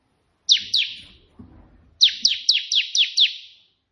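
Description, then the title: Prinia giving two hard, downslurred chips, then a rapid, even run of six similar notes, with brief faint low sounds. A white prenjak singing three variations of the 'tembakan' song style, suitable as tutor song for training pet prenjak. "3 VARIASI TEMBAKAN prenjak putih ini COCOK untuk masteran prenjak anda"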